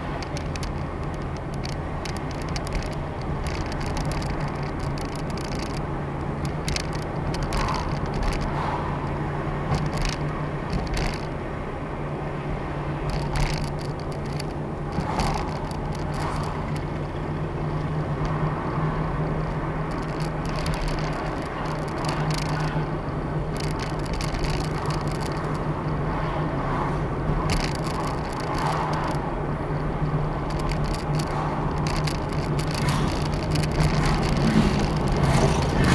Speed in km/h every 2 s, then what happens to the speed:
34, 35, 35, 35, 37, 37, 35, 39, 40, 39, 37, 39, 39, 39, 37, 37, 39, 40.
0-36 steady at about 37.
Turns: none.